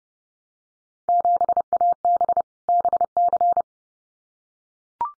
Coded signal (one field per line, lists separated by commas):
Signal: Morse code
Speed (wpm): 30 wpm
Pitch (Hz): 700 Hz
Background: none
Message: 7AB BC